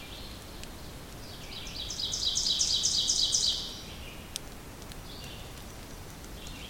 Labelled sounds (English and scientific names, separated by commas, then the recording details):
Ovenbird (Seiurus aurocapilla) song
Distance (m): 25 m
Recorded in boreal forest in Alberta, Canada, on 2 June 2016 at 08:39
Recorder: SongMeter 3, array SBT-3-7
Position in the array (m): 20 m, 132 m
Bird 4